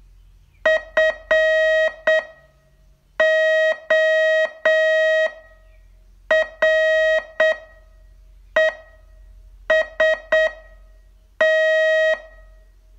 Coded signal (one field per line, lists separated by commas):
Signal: Morse code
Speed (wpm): 8 wpm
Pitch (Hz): 630 Hz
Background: none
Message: FOREST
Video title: Learn Morse in 42 Days from VU2LAU - day 26 test